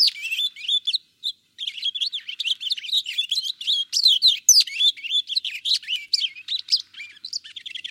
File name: Purple finch